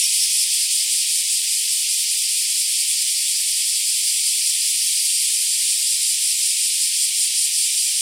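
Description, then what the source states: Black cicadas buzzing in a steady, dense, high-pitched hiss, unbroken throughout. Several black cicadas calling together.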